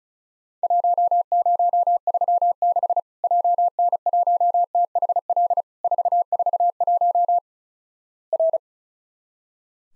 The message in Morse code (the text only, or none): 1036 JN1THL 441 R